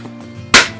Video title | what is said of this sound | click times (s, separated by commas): Product Review - Sippy Cup Review - Advice for New Moms - Naturally Ask Chauntel | heard the snap. | 0.5 s